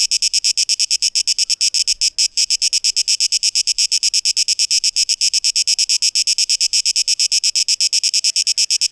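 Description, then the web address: High cicada buzzing in rapid even pulses, with a short break in the rhythm early on before resuming steadily. Cicadas, 12 August 2023, tape echo mix. "rauschpartikel Audio 2023-08-12 Zikaden"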